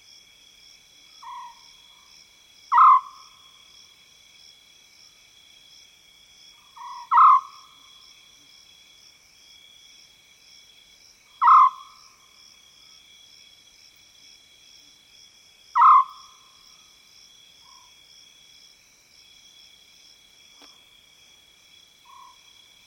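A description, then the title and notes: An African scops owl calls in the savanna woodland at night, giving a short purring note about every four seconds, each preceded by a softer lead-in. Behind it, insects keep up a steady, high, multi-layered trill that never pauses. African Scops Owl In The Savanna. The call of the African scops owl, recorded in the wild expanse that is the South Luangwa savanna woodland.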